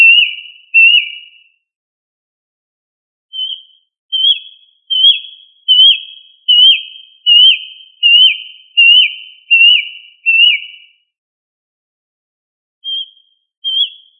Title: manok ostrali